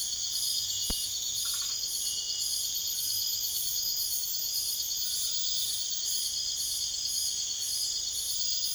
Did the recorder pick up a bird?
no